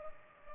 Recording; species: mosquito wingbeat signal from an infrared sensor; Culex pipiens